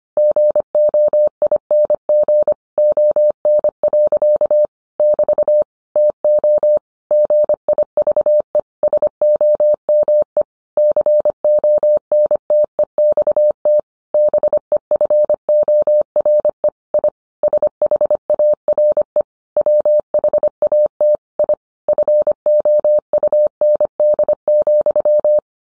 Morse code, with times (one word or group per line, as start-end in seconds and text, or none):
0.2-2.5 GOING
2.8-4.7 ON.
5.0-5.6 <BT>
6.0-6.8 TO
7.1-8.6 GIVE
8.8-10.4 SOME
10.8-13.8 CONTEXT
14.1-16.7 BEFORE
16.9-17.1 I
17.4-19.2 SHARE
19.6-21.2 WHAT
21.4-21.5 I
21.9-25.4 FOUND,